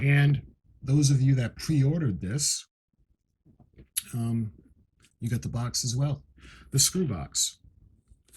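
Someone talks while handling the plastic lid of the screw storage box from an Eaglemoss U.S.S. Enterprise NCC-1701-D model kit, with only faint handling noises in the pauses between speech. The lid has not snapped shut yet: nothing has seated or clicked in this clip.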